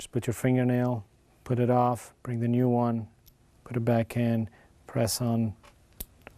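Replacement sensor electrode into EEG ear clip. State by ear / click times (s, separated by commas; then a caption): seated / 6.0 s. A replacement sensor electrode is pried off an EEG ear clip with a fingernail, and a new one is fitted and pressed on by hand while someone talks. A sharp click at 6.0 seconds marks the electrode seating back in place, surrounded by a few faint ticks.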